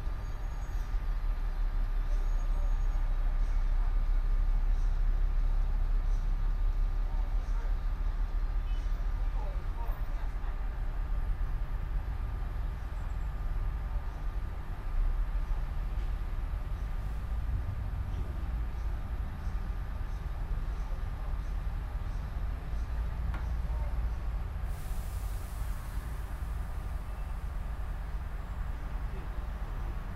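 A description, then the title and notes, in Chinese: City sounds: a steady, heavy low rumble like a passing train or traffic runs the whole time, with a thin constant whine above it. Scattered clicks and knocks come through around ten, seventeen and twenty-three seconds, and a faint hiss appears near the end. 坐在300快外晒太阳｜城市声音。很喜欢300快外公交，坐在二层的第一排，被太阳从头到脚晒着，很浪漫。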